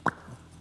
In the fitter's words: The whole idea with the two sides is that it just snaps into place. It's like pressure fit